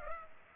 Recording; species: mosquito wingbeat signal from an infrared sensor; Culex pipiens